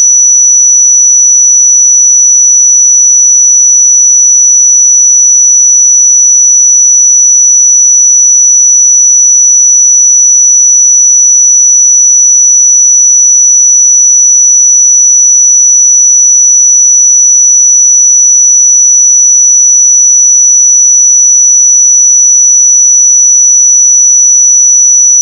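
A pure sine tone at 5916 Hz holds perfectly steady for the whole clip, a thin, piercing high whistle with no change in pitch or loudness. Nothing else is heard around it; the tone simply continues unbroken from start to end.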